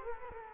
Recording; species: mosquito wingbeat signal from an infrared sensor; Culex quinquefasciatus